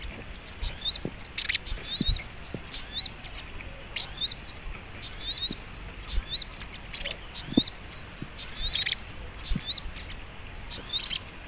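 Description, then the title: Little Spiderhunter singing busy, shrill chirping phrases with quick zigzag notes, repeated densely throughout over a faint low rumble. Training recording (masteran). "Masteran Burung Sogok Ontong Labaik"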